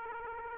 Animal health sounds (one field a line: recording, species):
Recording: mosquito wingbeat signal from an infrared sensor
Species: Aedes aegypti